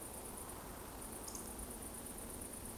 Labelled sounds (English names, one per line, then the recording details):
Eurasian Woodcock whistle
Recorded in Baden-Württemberg, Germany, on 25 June 2020 at 20:38 UTC
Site 14569, 102 m above sea level